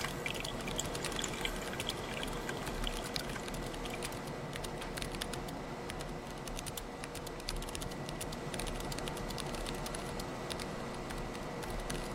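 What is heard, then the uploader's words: Typing runs through the recording as quick, light clicks over a steady, dense rustling bed. The taps grow more frequent and sharper in the second half. A faint, constant high whine and a low hum sit underneath throughout. Late-night coffee bar in 2024, typing, handwriting, flipping through.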